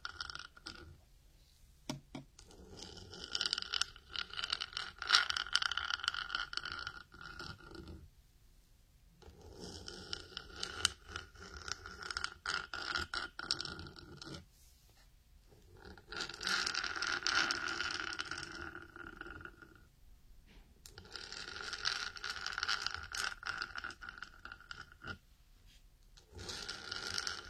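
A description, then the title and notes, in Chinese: Fingernails scratching a surface, in repeated bursts of rapid, dense, bright scraping that each last several seconds. Short quiet gaps fall around 2, 8, 14, 20 and 26 seconds, and a faint steady whine sits under the strokes. 指甲刮擦。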